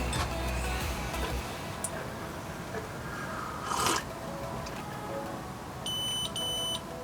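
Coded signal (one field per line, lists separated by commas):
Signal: beep code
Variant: Xiaomi M365 scooter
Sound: two short high-pitched electronic beeps at the end, after rustling and handling noise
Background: handling noise, room noise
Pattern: 2 short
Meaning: Two beeps signal an error, later read in the app as error code 21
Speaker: Those are just 2 beeps, which obviously means something, but I'm getting no code on the display.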